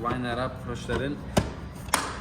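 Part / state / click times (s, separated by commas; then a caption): motorcycle rider seat into its seat lock on the frame / seated / 1.9 s. Someone talks while the rider seat of a 2022 BMW F850GS motorcycle is hooked in at the back, lined up and pressed down onto the frame. At 1.9 s the seat lock engages with a sharp thump as the latch pops home, and the seat is seated.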